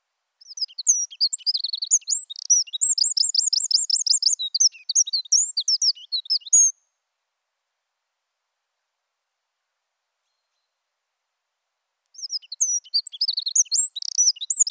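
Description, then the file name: Eurasian wren song: a loud, high, rapid outpouring of tinkling notes and fast rattling trills lasting about six seconds, then silence before another burst begins. "Troglodytes troglodytes"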